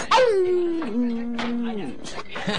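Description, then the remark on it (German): A dog gives a sharp, high yelp that slides down into a long, wavering whimper, fairly loud and alone, ending with a brief second whine. “Da, der Köter!”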